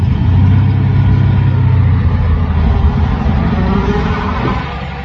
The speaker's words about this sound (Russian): Запорожец, фыркая и дрожа, через туннель под насыпью выкатил с Бермудского треугольника.